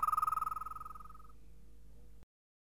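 American toad trill, a steady musical pulsed note that starts loud and fades away within about a second and a half, leaving faint background hum.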